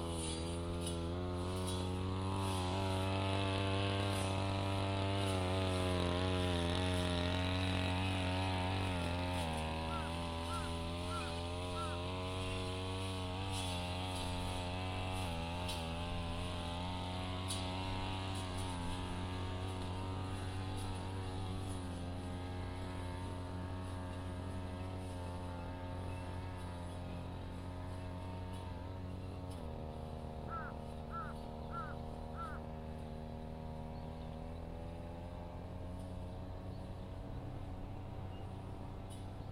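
A brush cutter runs without a break through the sweet potato field, a steady buzzing engine drone whose pitch wavers slightly as it works. Brief bursts of quick chirps rise above it around ten seconds and again near thirty seconds.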